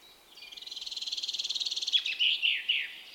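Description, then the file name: Common chaffinch song: a rapid, steady trill of sweet repeated notes that descends into a short, loud closing flourish of slurred phrases. "Fringilla coelebs"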